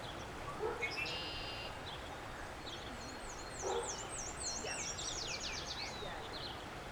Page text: Maryland Biodiversity - Black-and-white Warbler ( Mniotilta varia ). Black-and-white Warbler via iNaturalist